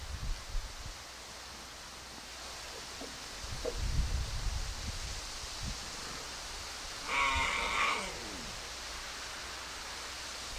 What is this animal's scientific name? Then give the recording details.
Puma concolor. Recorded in captivity. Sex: female. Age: adult. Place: Wildlife Park Shubenacadie, Nova Scotia, CA. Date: 1991-10-10 12:28. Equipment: Sony WM-D6C, Sony ECM-939 LT (Stereo), Kopie Uher 4400 IC. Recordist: Frommolt, Karl-Heinz. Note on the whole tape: Weibchen mit 3 Jungen, Jungtiere am 27.4.91 geboren, Weibchen 5 Jahre alt. Rufe des Weibchens